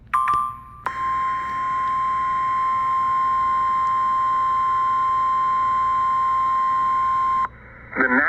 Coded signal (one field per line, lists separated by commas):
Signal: Emergency Alert System (SAME) tones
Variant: 1050 Hz attention tone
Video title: Not so slight EAS alerts from December 17 and 18. (EAS# 608 618)